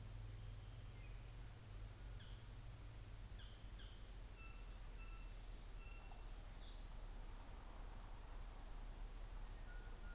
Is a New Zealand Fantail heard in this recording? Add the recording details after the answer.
no. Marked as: faintness 3/5. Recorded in New Zealand on 24 December 2018. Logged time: 14:50